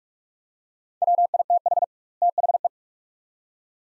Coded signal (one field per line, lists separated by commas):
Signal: Morse code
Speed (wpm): 42 wpm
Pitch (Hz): 700 Hz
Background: none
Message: WITH THE